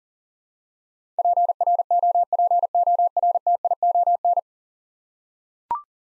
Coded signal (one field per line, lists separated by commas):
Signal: Morse code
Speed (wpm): 40 wpm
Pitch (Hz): 700 Hz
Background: none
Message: PROPORTION